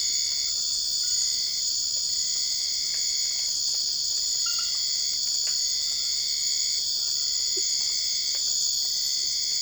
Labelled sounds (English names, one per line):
none